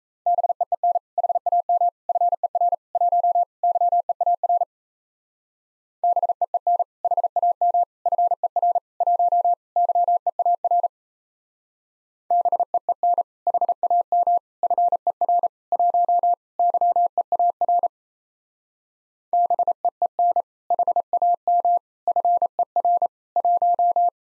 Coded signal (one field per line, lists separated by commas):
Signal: Morse code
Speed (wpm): 33 wpm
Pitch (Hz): 700 Hz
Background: none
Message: BEEN HAM FER 1 YEAR BEEN HAM FER 1 YEAR BEEN HAM FER 1 YEAR BEEN HAM FER 1